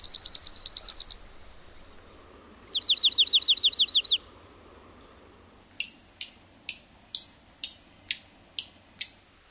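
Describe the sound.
Junco calls: a rapid high trill, then a run of descending notes, then about eight sharp high chips roughly half a second apart.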